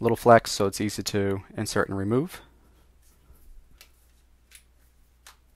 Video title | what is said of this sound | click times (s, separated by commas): Nexus 5 Hybrid Case Review: Supcase vs Rearth vs Spigen | Snaps right in, no problems with that. | 3.8 s, 5.3 s